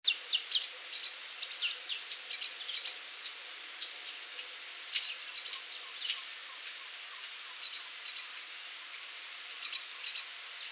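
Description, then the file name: Eurasian blue tit calls: a busy run of faint high ticking notes, then a louder, very high trill sliding downward near the middle, followed by more soft chips. "Cyanistes caeruleus"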